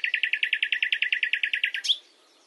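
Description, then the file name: Common nightingale song phrase: many clear, identical notes repeated rapidly and evenly, ending with a sharp, different note. "Luscinia megarhynchos"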